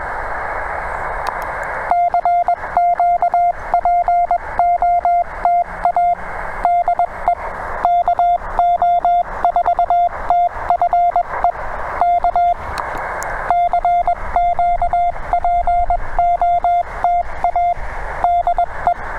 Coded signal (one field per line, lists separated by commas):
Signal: Morse code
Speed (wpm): 21 wpm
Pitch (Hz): 700 Hz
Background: none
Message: CQPOTA DE KO4TFE K CQPOTA DE